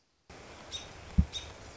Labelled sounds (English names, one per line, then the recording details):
American Robin
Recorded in Sonoma County, California